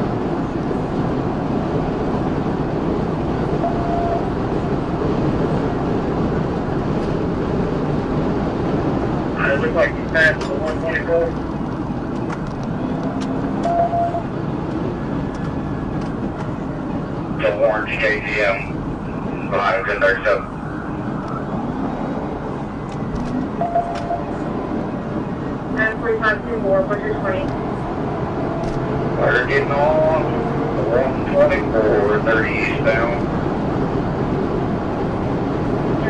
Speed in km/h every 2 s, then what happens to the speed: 175, 182, 187, 187, 182, 155, 159, 148, 142, 134, 130, 137, 143, 153, 172, 175, 184, 190.
0-7 speeds up to 187. 7-20 brakes to 130. 20-36 speeds up to 190.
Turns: none.